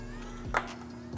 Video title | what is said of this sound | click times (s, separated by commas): R1M is Back! We Gave it Wings & More! - R1M Series Part 11 - Motomillion | and then clicks back into place and | 0.6 s, 1.2 s